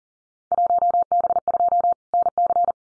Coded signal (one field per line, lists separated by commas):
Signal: Morse code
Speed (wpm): 38 wpm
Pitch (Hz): 700 Hz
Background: none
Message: 1B2 NC